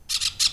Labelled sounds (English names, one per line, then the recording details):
Brown-throated Parakeet contact call
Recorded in Venezuela
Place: Cerro Saroche, Hato Dalmatela, Edo. Lara
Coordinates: 10.149, -69.534